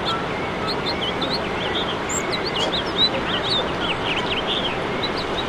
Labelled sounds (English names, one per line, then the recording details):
House Finch song
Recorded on Long Island, New York, on 21 March 2012
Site FL
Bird D